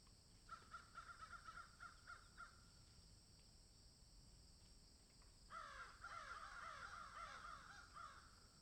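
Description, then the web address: Crow cawing in fast, rasping bursts: a quick rattling series for two seconds, quiet stretch, then a dense run of harsh, slightly falling caws. "ворона"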